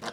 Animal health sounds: pig call; piglet (1 to 25 days)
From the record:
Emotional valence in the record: negative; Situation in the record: surprise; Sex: male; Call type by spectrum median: low-frequency call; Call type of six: mixed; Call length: 0.13 s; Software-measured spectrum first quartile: 678 Hz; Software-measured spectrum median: 1428 Hz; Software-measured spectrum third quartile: 3240 Hz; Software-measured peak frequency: 679 Hz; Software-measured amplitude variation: 151 dB a second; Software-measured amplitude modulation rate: 11.8 a second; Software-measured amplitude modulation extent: 12.8 dB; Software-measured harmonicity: -1.6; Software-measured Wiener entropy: -1.33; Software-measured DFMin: 805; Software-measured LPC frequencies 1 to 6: 733, 1411, 3091, 3700, 4448, 4928 Hz

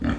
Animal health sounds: pig call; growing-finishing pig (85 days or more)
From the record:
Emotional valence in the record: negative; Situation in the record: barren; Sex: female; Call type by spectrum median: low-frequency call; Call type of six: low-frequency stable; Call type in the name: low-frequency stable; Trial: 1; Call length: 0.19 s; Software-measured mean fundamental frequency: 47 Hz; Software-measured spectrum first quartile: 176 Hz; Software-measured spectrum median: 300 Hz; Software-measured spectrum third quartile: 963 Hz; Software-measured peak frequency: 265 Hz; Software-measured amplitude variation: 169 dB a second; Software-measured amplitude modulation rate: 21.1 a second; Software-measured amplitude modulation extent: 8.0 dB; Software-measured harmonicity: 0.1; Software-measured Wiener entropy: -1.65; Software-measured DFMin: 692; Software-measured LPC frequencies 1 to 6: 272, 1346, 1710, 3306, 4425, 6586 Hz

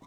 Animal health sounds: pig call; piglet (1 to 25 days)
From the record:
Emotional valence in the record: negative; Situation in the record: long isolation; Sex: female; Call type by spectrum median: low-frequency call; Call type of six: low-frequency tonal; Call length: 0.07 s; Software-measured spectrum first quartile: 245 Hz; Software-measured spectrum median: 639 Hz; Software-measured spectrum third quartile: 1377 Hz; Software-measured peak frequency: 277 Hz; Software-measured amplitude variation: 15 dB a second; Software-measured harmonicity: 0.7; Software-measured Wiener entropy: -0.66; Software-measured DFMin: 966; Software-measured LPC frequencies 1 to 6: 1031, 2117, 3734, 5354, 6192, 7835 Hz

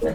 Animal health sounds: pig call; piglet (1 to 25 days)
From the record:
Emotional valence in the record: positive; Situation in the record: reunion after long isolation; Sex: female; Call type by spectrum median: low-frequency call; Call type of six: low-frequency tonal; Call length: 0.15 s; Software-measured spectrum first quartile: 273 Hz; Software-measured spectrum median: 452 Hz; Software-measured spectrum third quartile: 574 Hz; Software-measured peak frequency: 467 Hz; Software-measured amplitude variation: 70 dB a second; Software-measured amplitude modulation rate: 13.4 a second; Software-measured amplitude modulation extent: 5.2 dB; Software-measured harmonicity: 3.4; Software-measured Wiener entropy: -0.90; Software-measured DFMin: 846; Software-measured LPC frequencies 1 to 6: 501, 1762, 2980, 4069, 5082, 5918 Hz

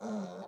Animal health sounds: pig call; piglet (1 to 25 days)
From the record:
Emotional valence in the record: negative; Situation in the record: short isolation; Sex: male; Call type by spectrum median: low-frequency call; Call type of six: low-frequency stable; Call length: 0.48 s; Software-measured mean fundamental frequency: 66 Hz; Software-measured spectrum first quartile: 209 Hz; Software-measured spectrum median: 381 Hz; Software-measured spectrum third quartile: 724 Hz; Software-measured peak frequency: 208 Hz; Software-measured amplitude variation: 74 dB a second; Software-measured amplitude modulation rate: 21.9 a second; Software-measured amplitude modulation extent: 3.4 dB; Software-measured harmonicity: 5.3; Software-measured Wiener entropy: -0.15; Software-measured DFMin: 1063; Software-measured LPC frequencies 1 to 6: 614, 1302, 3712, 5932, 6687, 7942 Hz

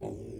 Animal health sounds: pig call; weaner (32 to 43 days)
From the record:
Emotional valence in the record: positive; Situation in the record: positive conditioning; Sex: female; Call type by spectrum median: low-frequency call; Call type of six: low-frequency stable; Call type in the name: low-frequency stable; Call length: 0.39 s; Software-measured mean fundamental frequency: 50 Hz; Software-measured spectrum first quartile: 181 Hz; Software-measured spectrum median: 338 Hz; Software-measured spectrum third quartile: 490 Hz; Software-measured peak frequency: 380 Hz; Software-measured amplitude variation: 112 dB a second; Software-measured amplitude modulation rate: 30.5 a second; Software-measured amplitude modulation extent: 3.7 dB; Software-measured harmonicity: 1.1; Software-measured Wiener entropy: 0.03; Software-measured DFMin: 978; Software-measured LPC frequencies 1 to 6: 378, 718, 2539, 3332, 4032, 5090 Hz

